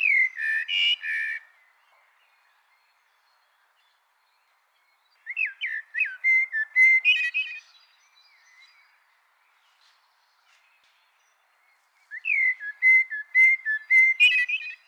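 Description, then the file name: Eurasian blackbird singing three separate phrases of mellow, fluty whistles with long pauses between them, each ending in high, scratchy twittering. "Turdus merula"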